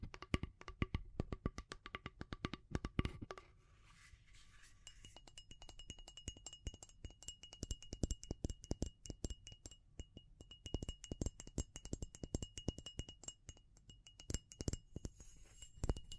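Rapid, irregular tapping and clicking on a hard, glassy surface, with faint ringing tones behind and a brief quieter scratchy stretch around four seconds.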